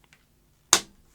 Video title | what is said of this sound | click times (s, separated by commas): Sony Beta HiFi SL-HF100, camcorder CCD-TR105E, DaVinci Resolve new feature. | give it a nice click when it goes to the top position so there is one on this one | 0.7 s